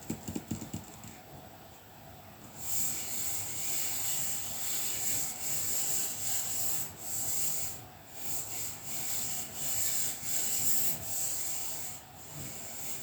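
Colouring pencil strokes scratch steadily across paper, a dense, bright rubbing texture that swells and eases in waves after a few soft taps.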